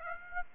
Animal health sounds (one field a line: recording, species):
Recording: mosquito wingbeat signal from an infrared sensor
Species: Aedes aegypti